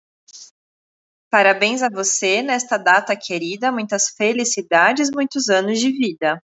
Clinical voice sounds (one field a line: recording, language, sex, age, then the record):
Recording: short text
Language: Brazilian Portuguese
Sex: female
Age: 30 to 39 years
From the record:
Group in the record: control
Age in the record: 34 years